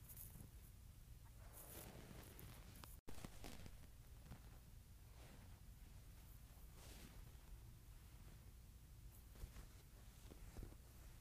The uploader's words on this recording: ASMR Wool Shirt.